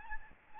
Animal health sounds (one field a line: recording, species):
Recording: mosquito wingbeat signal from an infrared sensor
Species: Aedes albopictus